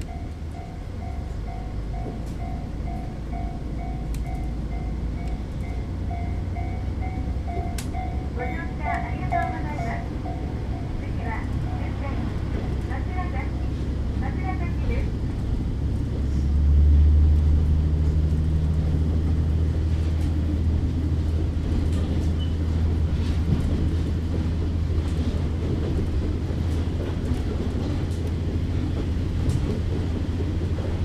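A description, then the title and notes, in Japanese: A diesel train rumbles along, heard from inside the carriage, with a steady deep engine drone and a constant dense hum throughout. Early on a two-tone chime or bell repeats for about fifteen seconds, and around seventeen seconds the engine note deepens and swells louder. 指宿枕崎線 5321D（キハ140-2061）薩摩板敷-枕崎。列車は西大山を過ぎると西へ進路を変え終着駅の枕崎駅を目指して走ります。This is the JR Kyushu Ibusukimakurazaki Line, which runs at the southernmost tip of the JR Line.ZOOM H2。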